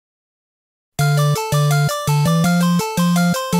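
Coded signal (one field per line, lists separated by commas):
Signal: none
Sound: music jingle beeps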